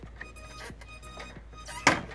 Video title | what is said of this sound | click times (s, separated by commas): How To Remove - Install your Front Grille on Jeep Wrangler Rubicon | And I'm going to show you on this side, you can hear the click. | 1.9 s